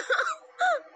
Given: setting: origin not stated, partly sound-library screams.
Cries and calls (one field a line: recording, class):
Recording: one-second piece from a danger detection set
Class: woman in danger